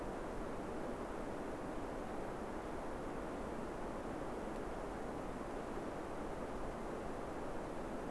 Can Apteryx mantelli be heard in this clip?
no